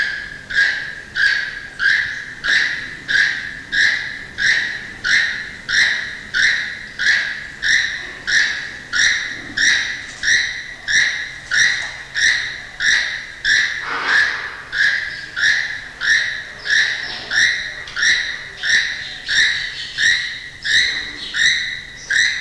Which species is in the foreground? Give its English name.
Keel-billed Toucan